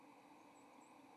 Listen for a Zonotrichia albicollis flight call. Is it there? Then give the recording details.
no. Another species' flight call is heard. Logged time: 08:43 on 30 October 2014